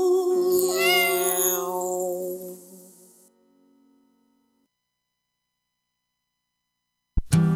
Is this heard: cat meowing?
yes